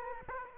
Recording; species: mosquito wingbeat signal from an infrared sensor; Aedes aegypti